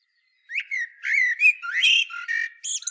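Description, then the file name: Common blackbird giving a jumble of squawky, warbling notes and thin high squeaks after a short silence, notes rising and falling quickly. "Turdus merula"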